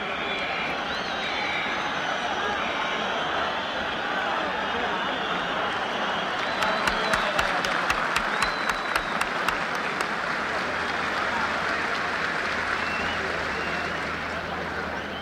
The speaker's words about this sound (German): Von dem Augenblick an, da er die Barriera verließ und sich dem Stier näherte, applaudierte man ihn.